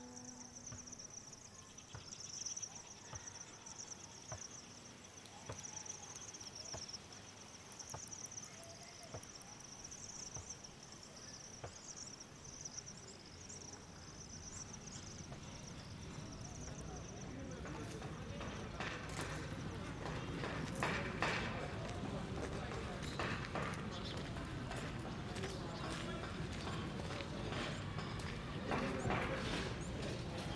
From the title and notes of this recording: Human Africa is a collection of authentic ambiences recorded in rural and urban locations across various countries in Africa.